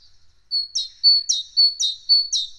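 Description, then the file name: Great tit song: four quick two-note phrases, each a level tone followed by a sharp emphatic note, clear against silence. "Parus major"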